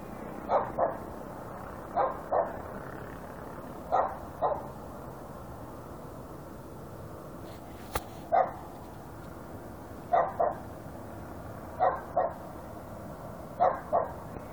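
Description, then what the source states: Dog barking, mostly in pairs of quick woofs repeated roughly every two seconds, with a pause midway and a brief sharp click. Barking dog in Rome.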